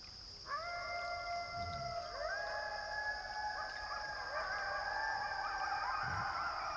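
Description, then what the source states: Coyote howls, drawn-out steady tones that slide slightly, joined by overlapping wavering howls from several animals. Coyotes in a canyon in eastern Washington State, USA; the sound changes as it passes through the canyon, giving dimensional information.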